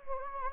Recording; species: mosquito wingbeat signal from an infrared sensor; Anopheles gambiae